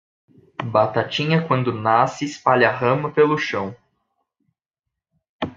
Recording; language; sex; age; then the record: short text; Brazilian Portuguese; male; 20 to 29 years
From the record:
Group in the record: control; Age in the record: 27 years